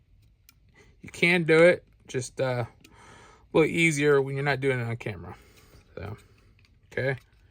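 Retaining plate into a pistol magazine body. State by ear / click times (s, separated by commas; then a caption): not seated / none. A retaining plate is being pressed onto a Glock 43X pistol magazine body during reassembly, after a capacity-limiting block was fitted into the magazine spring; the plate is hard to get on. Someone talks throughout, with a couple of faint brief ticks near 0.5 and 2.9 seconds. Nothing has seated or clicked into place yet.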